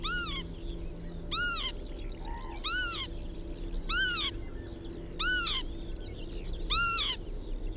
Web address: vogelstimmen kiebitz karl-heinzfrommolt deutsches tierstimmenarchiv